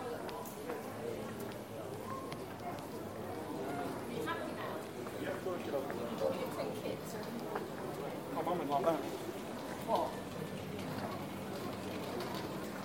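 Urban street recording in Taormina, Sicily: a continuous murmur of many voices talking at once, with no single speaker standing out. The level stays fairly even, with a few louder exclamations around nine and ten seconds and occasional light clicks or footsteps underneath.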